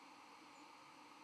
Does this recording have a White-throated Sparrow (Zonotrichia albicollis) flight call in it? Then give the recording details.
no. Another species' flight call is heard. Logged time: 07:36 on 31 October 2014